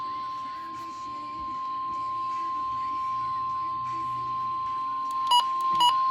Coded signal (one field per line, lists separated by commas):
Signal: Emergency Alert System (SAME) tones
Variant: 1050 Hz attention tone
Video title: EAS#12 Required Weekly Test on KEC65